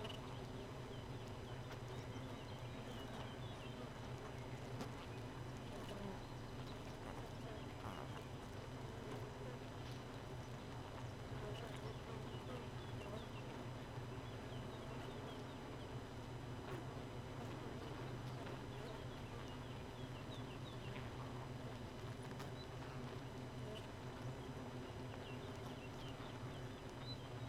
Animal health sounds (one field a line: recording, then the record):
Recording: honeybee colony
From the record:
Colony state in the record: missing queen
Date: 31 May 2018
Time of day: 4:12